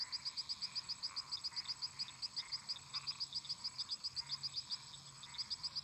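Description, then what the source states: Frogs and toads: many frogs calling, led by a quick, regular train of sharp high notes with short breaks, over a continuous lower trilling chorus. Many toads and frogs calling together in a marsh.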